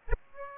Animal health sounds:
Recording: mosquito wingbeat signal from an infrared sensor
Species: Aedes aegypti

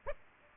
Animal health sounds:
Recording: mosquito wingbeat signal from an infrared sensor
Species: Aedes aegypti

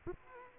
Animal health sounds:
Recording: mosquito wingbeat signal from an infrared sensor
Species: Aedes aegypti

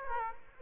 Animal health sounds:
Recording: mosquito wingbeat signal from an infrared sensor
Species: Aedes aegypti

